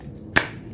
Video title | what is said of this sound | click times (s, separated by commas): Review obeng elektrik tanpa kabel harga murah 200rb an | sudah terkunci Nah | 0.4 s